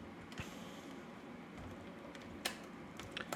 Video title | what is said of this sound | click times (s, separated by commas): LACHE PAR SA COMMUNAUTE, IL DECIDE DE DEMONTER UNE CAMERA A 1000 EUROS | bah voilà là ça clipse nickel tout à l'heure ça forçait un peu bah là ça force plus du tout | 2.5 s, 3.2 s